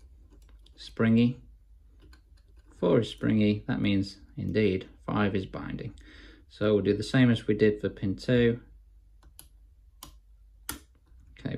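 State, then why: Seated. A Lishi pick works the pin tumblers in a door lock cylinder while someone talks. After the talking, a few soft ticks are followed by a sharp click at 10.7 s as binding pin five lifts and sets. It is confirmed seated by its one millimeter spring-back.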